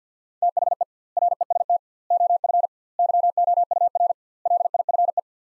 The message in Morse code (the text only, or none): THE REST OF YOUR LIFE